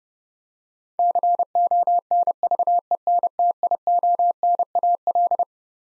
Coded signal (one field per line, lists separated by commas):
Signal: Morse code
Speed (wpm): 30 wpm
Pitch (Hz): 700 Hz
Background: none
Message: CONVENTIONAL